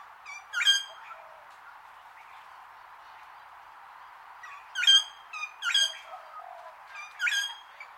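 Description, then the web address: Wattlebird giving loud grating squawks, one early and then a cluster of several rasping notes in the last seconds, with a constant background hiss. Long call. "Sound Effects-Foundation 1 BIRD WATTLE BIRD CALL LONG"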